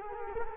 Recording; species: mosquito wingbeat signal from an infrared sensor; Culex quinquefasciatus